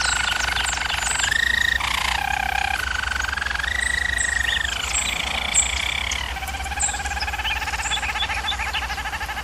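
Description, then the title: German Roller canary rolling song that shifts repeatedly between higher and lower tours, ending in a slower, lower pulsed roll. German Roller canary singing, for canary training. "German Roller Canary Singing - Canary Training Vid"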